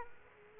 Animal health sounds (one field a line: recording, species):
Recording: mosquito wingbeat signal from an infrared sensor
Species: Aedes aegypti